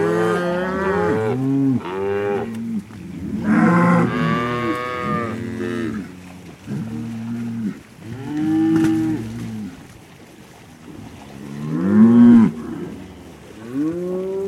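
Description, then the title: Cow moos, varied short and long harmonic moos, some steady, others arching in pitch, with brief quiet gaps. Cow communication through mooing. "Eco-Moo-tion: The Ecological Soundscape of Cow Conversations"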